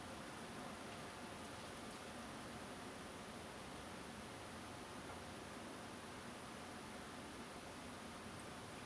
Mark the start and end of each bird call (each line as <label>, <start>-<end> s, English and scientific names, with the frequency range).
Song Thrush (Turdus philomelos) (7.9-10.5 kHz), 8.38-8.41 s